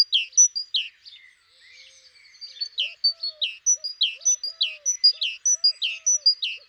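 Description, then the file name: Great tit calls: rapid repeated pairs of a high thin note dropping into a lower slurred note, pausing briefly midway; later a soft low whistled note repeats underneath. "Parus major"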